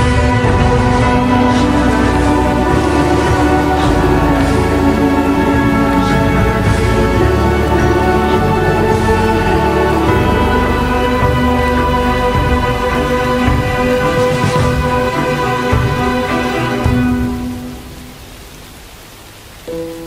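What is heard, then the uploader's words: A dark academia ambience with rain: a thick, steady bed of sustained low and middle tones, held like a long chord, over a soft hiss with scattered brighter ticks. Around seventeen seconds it fades noticeably, ending with a brief low bump. Dark academia atmosphere plus rain.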